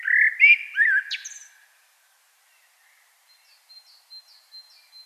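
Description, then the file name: Common blackbird song: one short fluted phrase with a sharp squeak, followed by faint, evenly repeated thin high notes from another bird. "Turdus merula"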